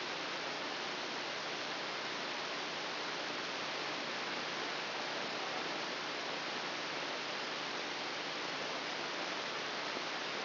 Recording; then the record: brain microelectrode recording played as sound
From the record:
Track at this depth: inside the subthalamic nucleus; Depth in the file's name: 2.909 mm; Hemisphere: left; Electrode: 2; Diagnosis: Parkinson's disease